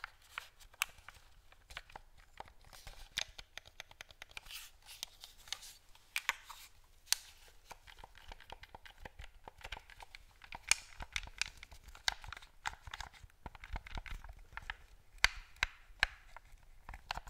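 ASMR tapping and scratching: dense, irregular sharp clicks and crinkly rubs throughout, with louder taps scattered near 7, 10 and 15 seconds.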